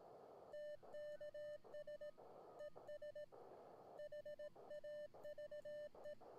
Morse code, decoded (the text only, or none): TKS ES HAVE